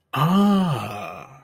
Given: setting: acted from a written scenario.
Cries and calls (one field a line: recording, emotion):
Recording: vocal sound without words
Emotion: realization